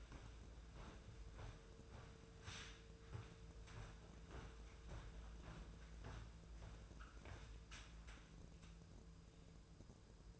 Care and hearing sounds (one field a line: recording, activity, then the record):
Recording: daily activity, microphone in the room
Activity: walk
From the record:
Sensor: 2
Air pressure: 1005.4 hPa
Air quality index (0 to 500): 101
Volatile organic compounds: 2 ppm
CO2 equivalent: 1230 ppm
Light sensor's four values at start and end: 9/20/8/8 and 9/20/8/8